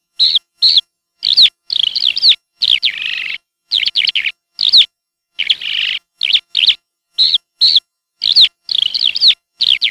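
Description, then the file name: Eurasian skylark calls: short, bright chirruping notes in quick pairs and bursts, repeated irregularly throughout with brief silent gaps. "ALLODOLA VOC"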